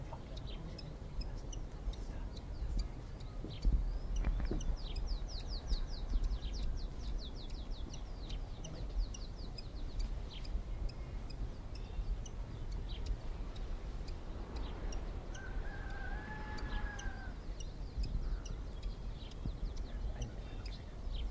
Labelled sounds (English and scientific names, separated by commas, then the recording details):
Canary Islands Chiffchaff (Phylloscopus canariensis) call
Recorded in the wild
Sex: female
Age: adult
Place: Puerto de la Cruz, Teneriffa, Teneriffa, Kanarische Inseln, ES
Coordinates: 28.4139, -16.5483
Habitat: park
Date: 1964-04-27 18:00
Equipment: Nagra III PH, LGS26
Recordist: Schneider, Hans-Joachim
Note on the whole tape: Bei der Villa "Los Pasos" auf Teneriffa. Phylloscopus collybita canariensis (alte Bezeichnung, inzwischen eigene Art). Weibchen: Warnrufe am Nest. Sowie um 18.30 Uhr Aufnahme von Lockrufen des selben Weibchens